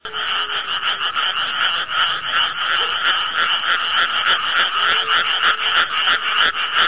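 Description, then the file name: Frogs croaking in a dense, continuous chorus of rapid raspy pulses, roughly three per second, overlapping steadily throughout with a faint tonal whine in the background. "kodok"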